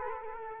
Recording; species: mosquito wingbeat signal from an infrared sensor; Culex quinquefasciatus